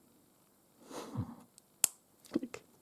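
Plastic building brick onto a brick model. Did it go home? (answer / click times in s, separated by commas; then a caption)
yes / 1.8 s. A plastic building brick is pressed onto a LEGO 77003 Sonic the Hedgehog Super Shadow vs Biolizard brick model after a soft rustle of handling. It snaps home with a sharp click at 1.8 s, followed by a few lighter taps. The brick is seated in place.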